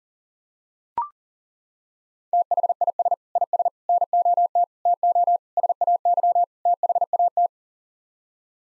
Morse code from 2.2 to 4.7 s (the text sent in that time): THIS IS NOT